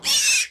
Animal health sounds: pig call; piglet (1 to 25 days)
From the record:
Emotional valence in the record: negative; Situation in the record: castration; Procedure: castration, cut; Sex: male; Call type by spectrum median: high-frequency call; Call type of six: high-frequency stable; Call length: 0.51 s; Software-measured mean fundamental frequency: 154 Hz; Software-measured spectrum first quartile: 3026 Hz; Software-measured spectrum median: 4930 Hz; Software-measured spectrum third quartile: 6445 Hz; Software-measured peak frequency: 2611 Hz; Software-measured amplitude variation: 127 dB a second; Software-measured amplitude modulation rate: 12.9 a second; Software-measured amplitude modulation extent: 9.9 dB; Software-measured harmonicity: 3.2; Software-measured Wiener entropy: -2.07

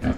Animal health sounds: pig call; growing-finishing pig (85 days or more)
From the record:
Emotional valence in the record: negative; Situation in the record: barren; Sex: female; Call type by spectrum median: low-frequency call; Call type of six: low-frequency stable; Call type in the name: low-frequency stable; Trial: 3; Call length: 0.17 s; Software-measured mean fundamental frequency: 40 Hz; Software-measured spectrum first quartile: 149 Hz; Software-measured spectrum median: 265 Hz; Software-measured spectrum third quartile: 611 Hz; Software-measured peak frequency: 91 Hz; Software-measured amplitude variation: 178 dB a second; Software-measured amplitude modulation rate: 11.4 a second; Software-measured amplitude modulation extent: 15.6 dB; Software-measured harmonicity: -0.8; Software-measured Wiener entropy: -0.73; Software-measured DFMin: 691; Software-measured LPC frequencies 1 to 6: 1591, 2266, 3037, 4277, 6811, 8117 Hz

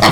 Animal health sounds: pig call; piglet (1 to 25 days)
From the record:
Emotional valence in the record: positive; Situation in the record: reunion after long isolation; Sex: male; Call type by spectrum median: low-frequency call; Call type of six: low-frequency tonal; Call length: 0.12 s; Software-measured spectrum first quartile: 631 Hz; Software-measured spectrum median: 1334 Hz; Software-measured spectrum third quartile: 3281 Hz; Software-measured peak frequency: 167 Hz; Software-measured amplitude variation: 39 dB a second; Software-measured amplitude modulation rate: 12.4 a second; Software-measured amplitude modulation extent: 3.2 dB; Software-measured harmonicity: -1.2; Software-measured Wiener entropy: -1.75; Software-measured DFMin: 567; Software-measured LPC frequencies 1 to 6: 766, 2023, 3261, 4376, 5385, 6859 Hz

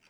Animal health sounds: pig call; piglet (1 to 25 days)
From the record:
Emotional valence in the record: positive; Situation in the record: short reunion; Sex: female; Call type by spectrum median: high-frequency call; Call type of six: low-frequency tonal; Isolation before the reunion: 3 minutes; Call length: 0.09 s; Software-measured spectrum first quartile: 1806 Hz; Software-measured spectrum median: 2750 Hz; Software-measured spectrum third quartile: 4737 Hz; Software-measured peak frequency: 2509 Hz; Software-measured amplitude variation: 45 dB a second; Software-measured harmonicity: -0.6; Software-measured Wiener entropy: -1.20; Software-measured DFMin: 744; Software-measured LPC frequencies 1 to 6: 894, 1549, 2484, 4675, 5525, 6046 Hz

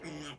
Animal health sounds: pig call; piglet (1 to 25 days)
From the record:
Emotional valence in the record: negative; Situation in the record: restrain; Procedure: sham castration, cut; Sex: male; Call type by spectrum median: low-frequency call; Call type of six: mixed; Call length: 0.39 s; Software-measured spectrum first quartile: 316 Hz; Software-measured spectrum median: 1008 Hz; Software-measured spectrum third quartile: 2940 Hz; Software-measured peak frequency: 313 Hz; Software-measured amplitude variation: 98 dB a second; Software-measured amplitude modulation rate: 16.8 a second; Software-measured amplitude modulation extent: 5.9 dB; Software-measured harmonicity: 1.9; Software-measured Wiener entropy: -1.45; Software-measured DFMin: 607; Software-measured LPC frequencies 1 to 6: 1355, 2153, 3051, 5114, 5521, 6821 Hz

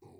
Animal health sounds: pig call; weaner (32 to 43 days)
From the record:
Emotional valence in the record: negative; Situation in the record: restrain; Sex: male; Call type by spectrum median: low-frequency call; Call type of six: low-frequency stable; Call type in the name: low-frequency stable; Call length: 0.20 s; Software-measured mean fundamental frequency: 47 Hz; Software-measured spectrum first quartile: 218 Hz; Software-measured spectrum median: 381 Hz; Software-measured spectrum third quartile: 717 Hz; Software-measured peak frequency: 378 Hz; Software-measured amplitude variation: 121 dB a second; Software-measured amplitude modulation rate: 20.0 a second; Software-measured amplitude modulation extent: 6.0 dB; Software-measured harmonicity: 2.2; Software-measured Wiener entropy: 0.10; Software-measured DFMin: 1235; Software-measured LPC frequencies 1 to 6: 377, 844, 2380, 3906, 4422, 5806 Hz

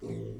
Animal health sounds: pig call; weaner (32 to 43 days)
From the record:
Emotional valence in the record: negative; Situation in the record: long isolation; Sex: female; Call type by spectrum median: low-frequency call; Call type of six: low-frequency stable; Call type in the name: low-frequency stable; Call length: 0.40 s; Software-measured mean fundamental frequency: 56 Hz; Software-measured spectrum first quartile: 134 Hz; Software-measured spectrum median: 254 Hz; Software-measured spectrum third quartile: 422 Hz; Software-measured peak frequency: 398 Hz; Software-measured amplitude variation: 110 dB a second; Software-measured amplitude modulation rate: 28.8 a second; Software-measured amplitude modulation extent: 3.8 dB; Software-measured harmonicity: -3.3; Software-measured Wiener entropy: 0.12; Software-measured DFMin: 1114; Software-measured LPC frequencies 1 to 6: 383, 2121, 3665, 4399, 5817, 6877 Hz

